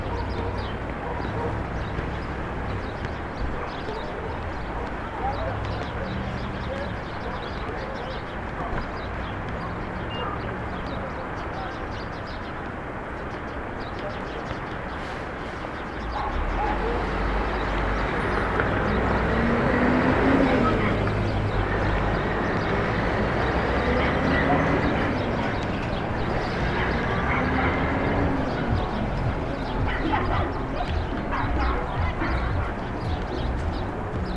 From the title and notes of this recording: 179 Starr Street Rooftop (Starr Street & Irving Ave, Brooklyn) Facing Maria Hernandez Park. Wind: 7mph North East. Rooftop recording facing Maria Hernandez park at sunset.